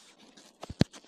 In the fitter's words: κούμπωσε εντάξει